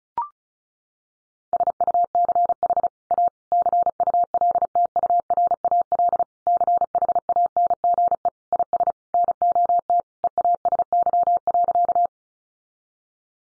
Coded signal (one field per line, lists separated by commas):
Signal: Morse code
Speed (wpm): 34 wpm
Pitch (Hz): 700 Hz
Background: none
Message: SUCH A CULTURAL CHANGE IS NOT EASY.